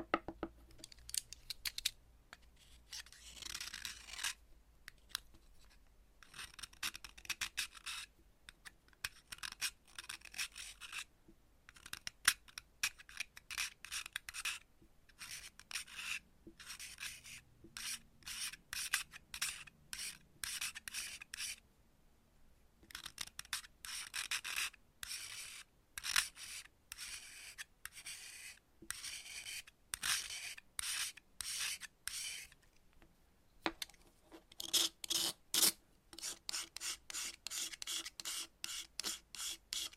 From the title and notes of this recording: Chalk Cutting. No Talking.